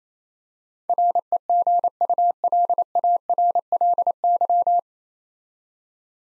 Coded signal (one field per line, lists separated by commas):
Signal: Morse code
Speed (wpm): 28 wpm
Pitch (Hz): 700 Hz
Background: none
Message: REGULARLY